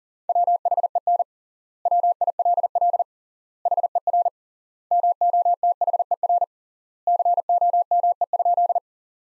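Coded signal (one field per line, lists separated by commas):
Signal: Morse code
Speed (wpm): 40 wpm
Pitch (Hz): 700 Hz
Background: none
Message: WHEN WILL HER MOTHER COME?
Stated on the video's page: Morse practice sentences from the top 200 words at 40 wpm with 3x standard word spacing, a Farnsworth-like method applied to words.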